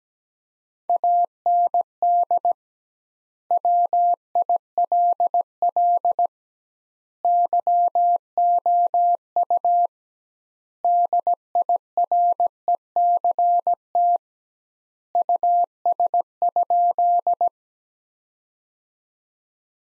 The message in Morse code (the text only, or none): AND WILL YOU DIRECT US?